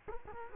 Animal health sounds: mosquito wingbeat signal from an infrared sensor; Culex quinquefasciatus

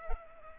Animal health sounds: mosquito wingbeat signal from an infrared sensor; Culex pipiens

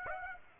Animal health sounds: mosquito wingbeat signal from an infrared sensor; Aedes aegypti

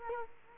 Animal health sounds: mosquito wingbeat signal from an infrared sensor; Culex quinquefasciatus

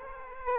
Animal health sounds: mosquito wingbeat signal from an infrared sensor; Aedes aegypti

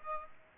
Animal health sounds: mosquito wingbeat signal from an infrared sensor; Aedes aegypti

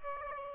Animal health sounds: mosquito wingbeat signal from an infrared sensor; Aedes aegypti

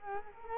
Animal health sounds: mosquito wingbeat signal from an infrared sensor; Culex quinquefasciatus

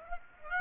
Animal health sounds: mosquito wingbeat signal from an infrared sensor; Aedes aegypti

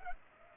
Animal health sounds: mosquito wingbeat signal from an infrared sensor; Culex pipiens

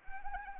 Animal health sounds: mosquito wingbeat signal from an infrared sensor; Anopheles arabiensis

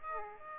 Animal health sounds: mosquito wingbeat signal from an infrared sensor; Aedes aegypti

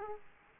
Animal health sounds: mosquito wingbeat signal from an infrared sensor; Aedes aegypti

